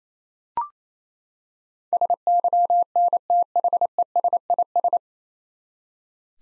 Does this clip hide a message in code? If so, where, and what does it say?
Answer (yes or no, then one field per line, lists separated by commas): yes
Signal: Morse code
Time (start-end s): 1.9-5.0 s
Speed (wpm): 28 wpm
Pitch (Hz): 700 Hz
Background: none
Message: SYNTHESIS